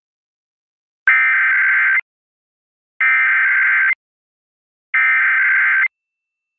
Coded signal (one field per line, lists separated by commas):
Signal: Emergency Alert System (SAME) tones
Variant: header bursts